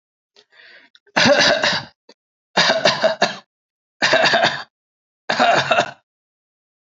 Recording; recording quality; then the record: shallow voluntary cough; excellent, no background noise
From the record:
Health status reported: healthy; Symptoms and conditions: diabetes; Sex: male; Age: 39 years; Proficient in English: yes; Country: India